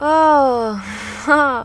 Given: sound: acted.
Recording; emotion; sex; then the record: nonverbal affect burst; pleasure; female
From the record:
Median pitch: 245 Hz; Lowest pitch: 177 Hz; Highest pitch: 318 Hz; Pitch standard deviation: 42 Hz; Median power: 75.3 dB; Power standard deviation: 7.6 dB